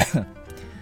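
An adult man's own dry cough, without phlegm. It lingers after a cold that went into the lungs, likely because treatment came late and his constitution is weak.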